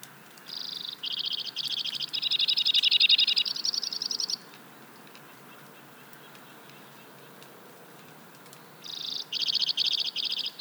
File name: White-winged Crossbill - Loxia leucoptera